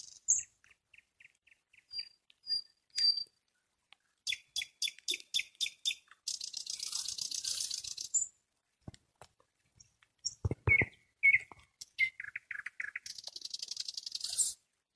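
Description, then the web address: Nightingale song: dry rattles, a run of clicking notes, a harsh buzzy burst, then quick repeated chirps and a final rasping trill. "spiew slowika slowik wiejski"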